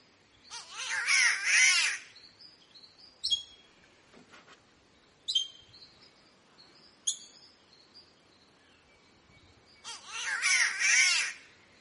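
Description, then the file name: Green catbird delivers two harsh, moaning cat-like wails about nine seconds apart, with sharp high chips and soft whistles between them. "canto do passaro gato verde"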